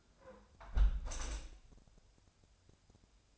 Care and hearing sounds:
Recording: daily activity, microphone in the room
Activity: close window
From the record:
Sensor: 2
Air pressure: 1014.7 hPa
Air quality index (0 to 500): 78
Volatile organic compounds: 2 ppm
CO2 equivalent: 1021 ppm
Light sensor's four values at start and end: 8/19/8/8 and 8/19/8/8

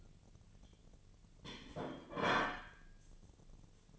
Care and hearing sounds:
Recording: daily activity, microphone in the room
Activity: place plate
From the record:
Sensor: 4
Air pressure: 1010.2 hPa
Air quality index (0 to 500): 180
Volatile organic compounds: 5 ppm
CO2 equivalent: 1827 ppm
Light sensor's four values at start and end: 30/91/35/35 and 30/91/36/35

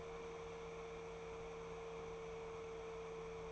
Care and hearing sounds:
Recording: daily activity, microphone in the room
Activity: open fridge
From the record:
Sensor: 1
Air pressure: 1014.9 hPa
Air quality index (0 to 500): 192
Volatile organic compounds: 21 ppm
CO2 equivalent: 2720 ppm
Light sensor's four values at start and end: 11/27/11/12 and 11/27/11/13

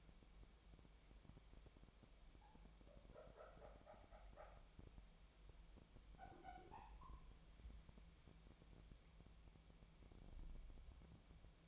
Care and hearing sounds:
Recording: daily activity, microphone in the room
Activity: wipe stove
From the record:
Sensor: 1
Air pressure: 1007.1 hPa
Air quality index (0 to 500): 203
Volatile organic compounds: 22 ppm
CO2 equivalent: 2739 ppm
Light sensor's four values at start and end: 13/32/13/14 and 13/33/13/15

